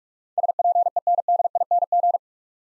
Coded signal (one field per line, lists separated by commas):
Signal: Morse code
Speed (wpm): 44 wpm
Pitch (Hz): 700 Hz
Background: none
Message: SPENDING